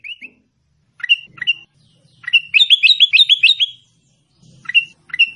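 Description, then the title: Sooty-headed bulbul with scattered single chirps, then a quick run of bright notes, followed by a few more isolated chirps. "Suara Burung Kutilang"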